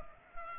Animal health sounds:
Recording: mosquito wingbeat signal from an infrared sensor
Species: Culex pipiens

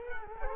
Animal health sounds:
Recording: mosquito wingbeat signal from an infrared sensor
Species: Culex quinquefasciatus

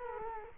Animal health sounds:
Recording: mosquito wingbeat signal from an infrared sensor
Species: Culex quinquefasciatus

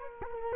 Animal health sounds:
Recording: mosquito wingbeat signal from an infrared sensor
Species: Culex quinquefasciatus

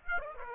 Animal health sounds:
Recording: mosquito wingbeat signal from an infrared sensor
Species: Aedes aegypti

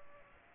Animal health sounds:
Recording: mosquito wingbeat signal from an infrared sensor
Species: Aedes aegypti

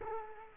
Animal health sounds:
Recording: mosquito wingbeat signal from an infrared sensor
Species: Culex quinquefasciatus

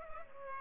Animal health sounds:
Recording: mosquito wingbeat signal from an infrared sensor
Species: Culex pipiens

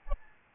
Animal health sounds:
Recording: mosquito wingbeat signal from an infrared sensor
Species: Aedes albopictus

